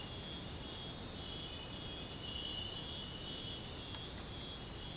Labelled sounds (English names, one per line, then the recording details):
none
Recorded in dense forest near Puerto Asís, Putumayo, Colombia, on 26 December 2024 at 00:00
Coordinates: 0.481, -76.323
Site G100